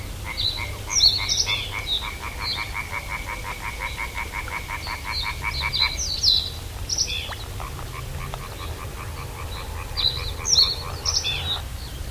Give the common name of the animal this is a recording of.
Reed Bunting